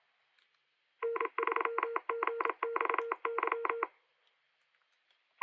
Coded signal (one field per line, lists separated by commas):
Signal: Morse code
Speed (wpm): 27 wpm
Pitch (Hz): 460 Hz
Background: none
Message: N3GXY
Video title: Preparing for CQ WW CW 2024 - Day 1 (15th October 2024) #CWmotivation